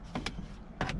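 A plastic lane departure camera cover is lined up and pushed onto its corner clips at the windshield mirror mount of a 2021-2024 Chevrolet Trailblazer. Two short plastic ticks sound at about 0.2 and 0.3 seconds, then a louder snap comes at 0.8 seconds, followed by a softer tick at 0.9 seconds. The cover snaps on and is seated at 0.8 seconds.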